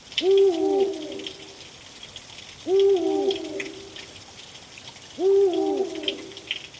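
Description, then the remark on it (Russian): An eagle owl gives three deep, resonant hoots at a steady pace, each about a second long and spaced a couple of seconds apart, over a faint hiss of background noise. “Филин.”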